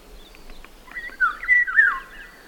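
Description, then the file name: Eurasian golden oriole song: a mellow, liquid whistled phrase of three slurred notes, preceded by a few soft clicks. "ivolga"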